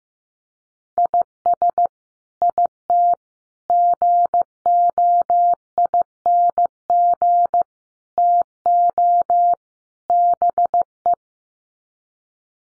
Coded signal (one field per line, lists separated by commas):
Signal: Morse code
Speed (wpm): 15 wpm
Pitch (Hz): 700 Hz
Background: none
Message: IS IT GOING TO BE